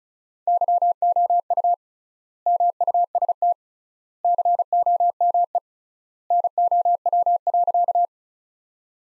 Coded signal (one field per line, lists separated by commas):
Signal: Morse code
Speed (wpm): 36 wpm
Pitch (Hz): 700 Hz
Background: none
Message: YOU MUST COME NOW.